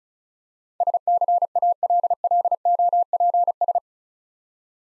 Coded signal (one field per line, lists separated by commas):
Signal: Morse code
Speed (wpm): 36 wpm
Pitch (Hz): 700 Hz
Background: none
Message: SCALLOPS